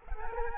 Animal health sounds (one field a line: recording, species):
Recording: mosquito wingbeat signal from an infrared sensor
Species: Culex quinquefasciatus